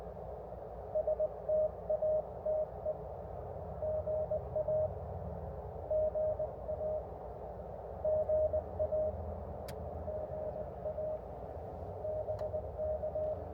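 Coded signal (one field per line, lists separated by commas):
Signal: Morse code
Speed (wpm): 15 wpm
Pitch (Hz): 590 Hz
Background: none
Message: STATE GA GA GA GA BK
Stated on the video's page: Park activation operated from inside a car, using a Chameleon LZ Sloper antenna.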